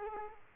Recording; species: mosquito wingbeat signal from an infrared sensor; Culex quinquefasciatus